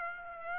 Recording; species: mosquito wingbeat signal from an infrared sensor; Aedes aegypti